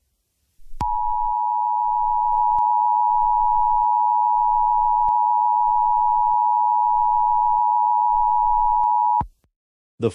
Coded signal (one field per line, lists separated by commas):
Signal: Emergency Alert System (SAME) tones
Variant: 853 and 960 Hz attention tone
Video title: EAS Scenario #7 Asteroid Event